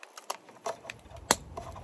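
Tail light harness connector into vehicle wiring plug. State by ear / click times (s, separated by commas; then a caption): seated / 1.3 s. The middle triangle-shaped wiring connector of an Alpha Rex LUXX-Series sequential LED aftermarket tail light is pushed into the wiring harness of a 3rd-gen Tacoma truck, with a few faint plastic ticks of handling along the way. A sharp plastic snap at 1.3 s marks the end of the push, and the connector clicks in and is seated.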